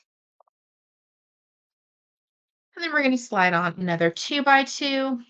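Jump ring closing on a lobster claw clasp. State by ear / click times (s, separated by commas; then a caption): seated / 0.4 s, 0.5 s. A metal jump ring holding a lobster claw clasp is twisted closed with pliers, and two sharp, quick clicks sound at 0.4 s and 0.5 s as the ring closes securely. After a stretch of silence, someone talks.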